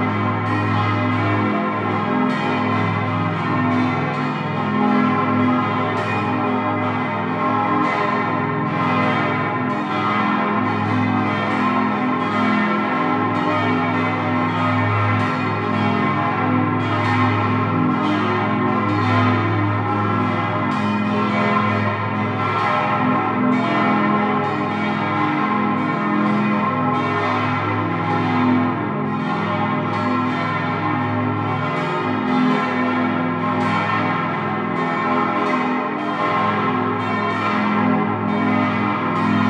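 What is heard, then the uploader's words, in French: Church bells from Breitenbach ring continuously in a dense, overlapping peal, steady in loudness throughout, with bright repeated strikes over a deep hum. Cloches/Glocken – Breitenbach (SO). Curieux édifice que le clocher de l’église catholique de Breitenbach. Ce qu’on pourrait aisément comparer à une morille ou un totem en béton renferme une imposante sonnerie de 6 cloches, oeuvre de 3 fondeurs distincts.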